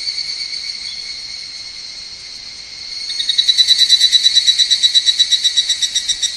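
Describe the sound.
Higurashi cicada call: a steady high ringing drone for about three seconds, then a loud series of rapid, evenly repeated high pulses begins and continues to the end.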